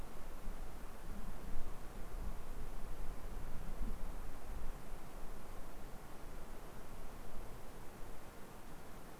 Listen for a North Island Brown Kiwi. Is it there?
no